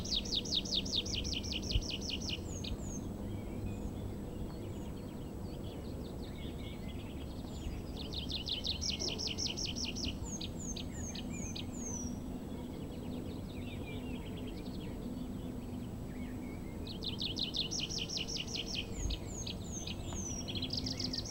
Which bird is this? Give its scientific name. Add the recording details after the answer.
Anthus trivialis. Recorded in the wild. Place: Gerlitzen, Kärnten, AT. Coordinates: 46.693, 13.917. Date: 1971-05-12. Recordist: Brunner, Thomas